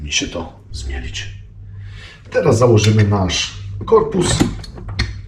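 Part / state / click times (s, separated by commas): grinding head body into meat grinder motor housing / seated / 5.0 s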